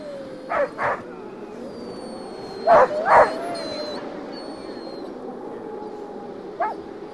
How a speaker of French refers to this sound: Tout l'occupe, la nuit, les neiges en tourbillon, les bagarres de chiens